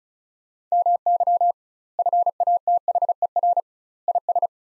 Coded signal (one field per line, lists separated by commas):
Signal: Morse code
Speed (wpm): 36 wpm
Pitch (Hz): 700 Hz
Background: none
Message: MY FATHER IS